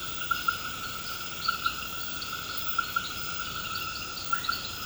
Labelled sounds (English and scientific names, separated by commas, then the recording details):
none
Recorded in pastures near Puerto Asís, Putumayo, Colombia, on 21 March 2025 at 21:00
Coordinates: 0.472, -76.329
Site G074